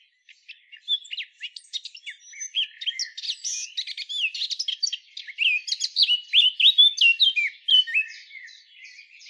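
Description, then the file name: Eurasian blackcap giving a long, tumbling warble that grows from soft, scattered notes into dense, bright, varied phrases, then eases off. "Sylvia atricapilla"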